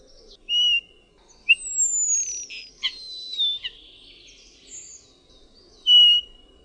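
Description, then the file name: Common starling singing: a varied medley of clear whistles, sliding descending notes, clicks and rattles, with a long falling whistle and short gaps between phrases. "SZPAK"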